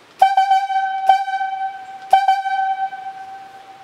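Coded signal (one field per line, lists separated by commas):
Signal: whistle signal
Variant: talkie tooter logging whistle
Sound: one long, steady, reedy whistle tone with a few sharp clicks over it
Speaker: he want the strong line back on the rigging when the rigging is in it's gonna sound like this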